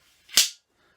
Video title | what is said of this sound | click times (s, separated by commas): Auto Leveling Laser Level | when I extend them I hear that loud click I know it's locked into place | 0.4 s